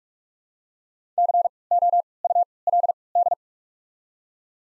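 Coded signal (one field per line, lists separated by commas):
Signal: Morse code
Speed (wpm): 47 wpm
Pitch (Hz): 700 Hz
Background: none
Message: C O U L D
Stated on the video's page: Morse code practice of the top 200 words at 45 wpm with 3x character spacing, a form of Farnsworth timing.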